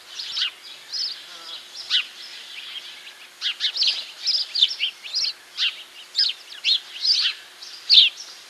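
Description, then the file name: House sparrow chirping in quick uneven bursts of short sharp notes, thinning briefly near the third second, then resuming densely to the end. "Passer domesticus"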